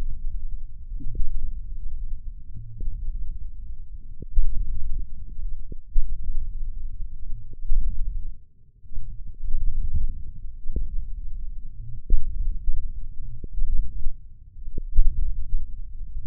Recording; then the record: forearm muscle sounds (acoustic myography)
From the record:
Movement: ulnar deviation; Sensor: system 1, eight BSWA MPA416 microphones around the upper forearm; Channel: 8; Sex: male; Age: 20 years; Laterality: left